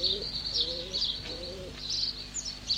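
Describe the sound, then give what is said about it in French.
Low, soft pigeon coos repeat in a slow rolling rhythm, joined by thin high chirps from other birds. No one speaks. “Valenbois, le retraité, se passionne aussi pour les pigeons.”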